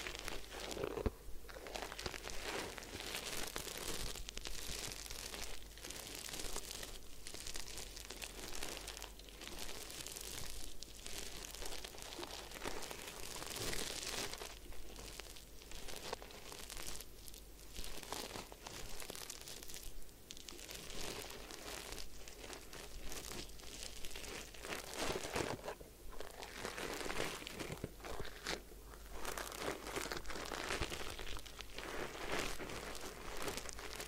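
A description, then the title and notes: Crinkly scrubbing and rubbing sounds fill the whole clip during a head spa hair wash and massage, with bright, dense bursts rising and falling every second or two. A faint low hum sits underneath. ASMR Do You Need a Head Spa Hair Wash, Massage, Ear Cleaning (No Talking).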